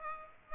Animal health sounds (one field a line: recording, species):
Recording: mosquito wingbeat signal from an infrared sensor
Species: Aedes aegypti